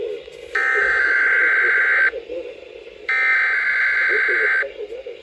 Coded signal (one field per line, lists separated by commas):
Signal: Emergency Alert System (SAME) tones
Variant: header bursts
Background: speech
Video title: Early Summer Madness | EAS Alerts from 6/14/2026 (EAS #256-290)